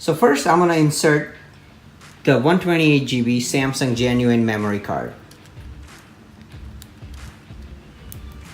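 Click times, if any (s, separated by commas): 8.1 s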